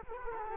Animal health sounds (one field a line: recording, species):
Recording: mosquito wingbeat signal from an infrared sensor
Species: Culex quinquefasciatus